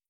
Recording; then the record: hydrophone in a shrimp aquaculture tank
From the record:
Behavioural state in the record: starved